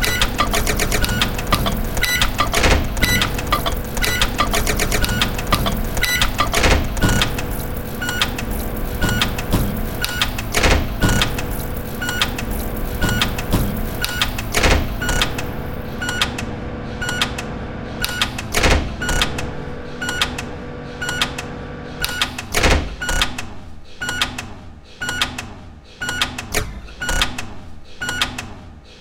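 A microwave oven runs with a steady, dense hum and whirring tone, overlaid by sharp clicks and knocks roughly every second or two, like a cup rattling or shifting. After about fifteen seconds the hum thins and the clicks stand out more clearly, becoming quieter toward the end.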